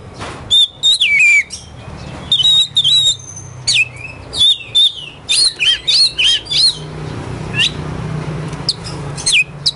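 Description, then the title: Oriental magpie-robin song of sharp, emphatic whistled notes fired in quick succession, mixed with swooping slurs, over a low background hum. Kacer poci competition bird in full song (gacor), national champion; song styles nembak and ngerol; seven kinds of kacer sounds every three minutes. "Kacer Poci Gacor Nembak Dan Ngerol Juara Nasional. 7 macam suara kacer setiap 3 menit"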